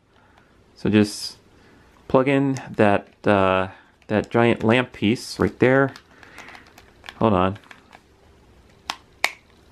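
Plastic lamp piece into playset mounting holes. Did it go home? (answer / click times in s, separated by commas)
partly / 9.2 s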